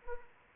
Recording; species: mosquito wingbeat signal from an infrared sensor; Anopheles arabiensis